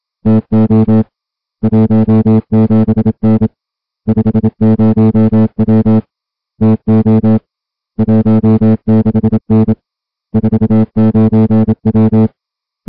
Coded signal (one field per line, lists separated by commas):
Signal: Morse code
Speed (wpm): 27 wpm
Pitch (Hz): 220 Hz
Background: music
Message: TO 17N 50W TO 16N 49W